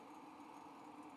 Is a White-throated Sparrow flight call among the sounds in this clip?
no